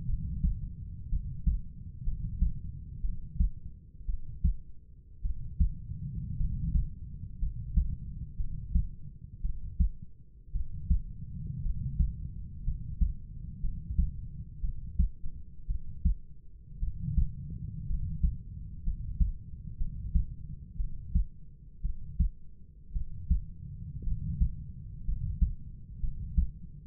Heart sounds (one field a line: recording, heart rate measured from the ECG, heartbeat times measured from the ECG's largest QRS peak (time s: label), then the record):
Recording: heart sounds by stethoscope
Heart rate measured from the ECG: 58 bpm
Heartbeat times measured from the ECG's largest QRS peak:
0.06 s: heartbeat
1.09 s: heartbeat
2.04 s: heartbeat
3.01 s: heartbeat
4.06 s: heartbeat
5.22 s: heartbeat
6.37 s: heartbeat
7.39 s: heartbeat
8.37 s: heartbeat
9.42 s: heartbeat
10.52 s: heartbeat
11.62 s: heartbeat
12.64 s: heartbeat
13.61 s: heartbeat
14.61 s: heartbeat
15.67 s: heartbeat
16.80 s: heartbeat
17.87 s: heartbeat
18.84 s: heartbeat
19.78 s: heartbeat
20.77 s: heartbeat
21.82 s: heartbeat
22.93 s: heartbeat
24.04 s: heartbeat
25.05 s: heartbeat
26.00 s: heartbeat
From the record:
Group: healthy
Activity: rest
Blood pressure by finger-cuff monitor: 103/53 mmHg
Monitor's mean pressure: 65 mmHg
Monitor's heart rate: 58 bpm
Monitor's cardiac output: 5.1 L/min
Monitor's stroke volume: 89 mL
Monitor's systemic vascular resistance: 920 dyn s/cm5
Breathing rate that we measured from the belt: 10 breaths a minute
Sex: male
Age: 25 years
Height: 170 cm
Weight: 70.4 kg